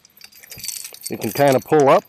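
Someone pulls up the folding, umbrella-style frame of an Innova DISCatcher Traveler portable disc golf basket by its metal latch, making light metallic jangles and clinks between about 0.2 and 1.0 seconds. Someone then talks. The latch has not clicked or locked into place yet.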